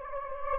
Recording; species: mosquito wingbeat signal from an infrared sensor; Anopheles gambiae